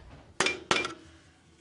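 A retaining snap ring holding a new lower ball joint in the front steering knuckle of a 1999 Elantra is tapped down all the way around its bore. Two sharp metallic clinks ring out at 0.4 s and 0.7 s as the ring clicks into its groove, and it is correctly seated.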